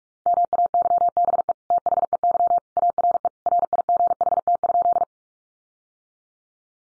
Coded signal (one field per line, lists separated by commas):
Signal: Morse code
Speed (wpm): 44 wpm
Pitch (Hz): 700 Hz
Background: none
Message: MAYBE THEY ARE RIGHT?